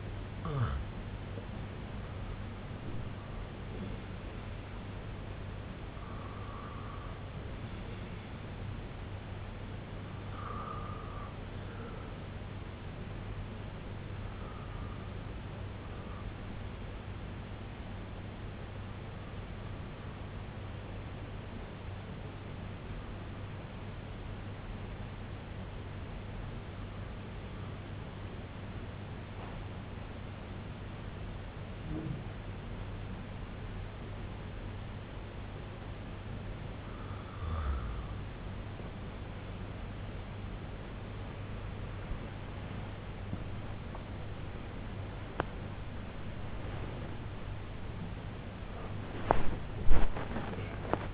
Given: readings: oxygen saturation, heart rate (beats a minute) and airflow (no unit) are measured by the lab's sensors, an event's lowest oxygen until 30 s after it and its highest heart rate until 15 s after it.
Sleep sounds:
breathing in sleep by a voice recorder at the bedside; 1
10.00-36.40 s: hypopnea (REM, oxygen 97% highest, then 92% lowest, heart rate 70 at the start, 93 highest)
43.00-51.14 s: new sleep stage, N1 (lightest sleep)
From the record:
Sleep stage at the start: REM sleep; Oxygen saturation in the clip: 92 to 97%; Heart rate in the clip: 64 to 93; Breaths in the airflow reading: 10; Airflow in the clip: -12.3 to 14.2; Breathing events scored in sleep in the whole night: 258 in 7.4 hours asleep

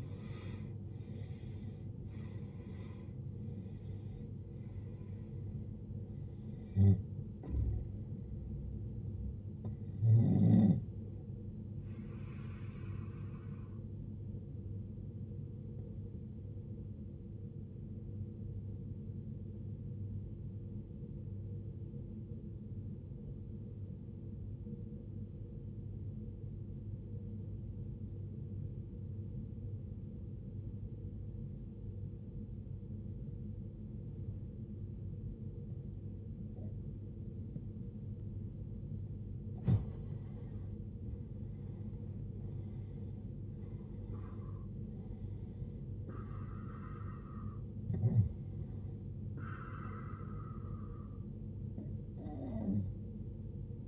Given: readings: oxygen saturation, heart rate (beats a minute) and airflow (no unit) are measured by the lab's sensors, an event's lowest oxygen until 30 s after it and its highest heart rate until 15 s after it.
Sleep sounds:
breathing in sleep by a smartphone at the bedside; 1
21.00-40.10 s: obstructive apnea (N1, oxygen 94% highest, then 84% lowest, heart rate 51 at the start, 75 highest)
28.00-53.88 s: new sleep stage, N2 (light sleep)
From the record:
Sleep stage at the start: N1 (lightest sleep); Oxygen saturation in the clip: 81 to 94%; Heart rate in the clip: 51 to 79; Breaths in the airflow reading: 9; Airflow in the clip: -19.3 to 18.8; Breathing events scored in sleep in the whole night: 389 in 6.3 hours asleep

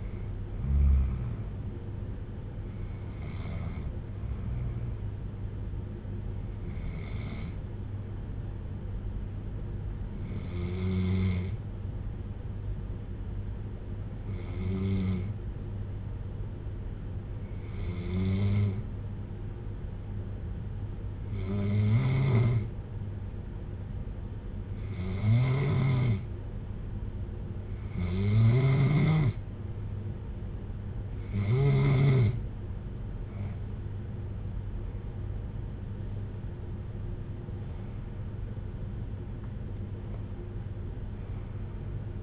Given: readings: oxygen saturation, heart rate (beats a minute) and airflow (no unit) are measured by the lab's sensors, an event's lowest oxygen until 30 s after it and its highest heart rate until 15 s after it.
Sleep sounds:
breathing in sleep by a smartphone at the bedside; 1
2.00-42.23 s: new sleep stage, N1 (lightest sleep)
8.00-33.20 s: hypopnea (N1, oxygen 95% highest, then 92% lowest, heart rate 59 at the start, 75 highest)
From the record:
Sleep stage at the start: N2 (light sleep); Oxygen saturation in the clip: 91 to 95%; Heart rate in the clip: 58 to 71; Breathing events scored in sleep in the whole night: 310 in 8.1 hours asleep

